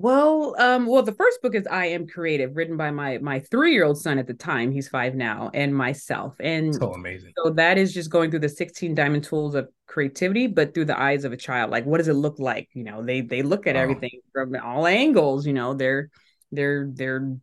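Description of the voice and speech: An adult woman speaks mostly fluently at a normal pace. A few disfluencies stand out: an early restart ('well, um, well'), a repeated 'my', and a closing 'the… the… the' with stretched sounds and pauses. A mild stutter, persisting into adulthood.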